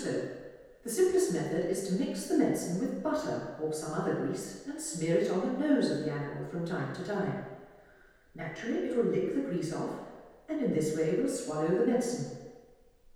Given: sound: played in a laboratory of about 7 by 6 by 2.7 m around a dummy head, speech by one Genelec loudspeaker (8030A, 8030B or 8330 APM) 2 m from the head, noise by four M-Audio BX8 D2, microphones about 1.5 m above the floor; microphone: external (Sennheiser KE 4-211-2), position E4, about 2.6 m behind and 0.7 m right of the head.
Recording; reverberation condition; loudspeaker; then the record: female speech in English; high; 60 degrees to the left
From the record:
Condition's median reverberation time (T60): about 1300 ms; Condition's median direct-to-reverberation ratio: about -4.0 dB